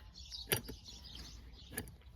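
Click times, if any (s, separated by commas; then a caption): 0.5 s. On an MTZ-80 tractor, the PTO clutch control lever is shifted and its new steel detent ball clicks into its groove with a sharp click at 0.5 s, locking the lever in position. A fainter tick follows near 1.8 s over a low background hum. The detent holds, addressing the cause of the PTO kicking out.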